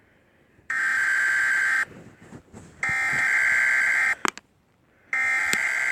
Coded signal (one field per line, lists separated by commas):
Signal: Emergency Alert System (SAME) tones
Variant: header bursts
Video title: Eas